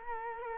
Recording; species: mosquito wingbeat signal from an infrared sensor; Culex quinquefasciatus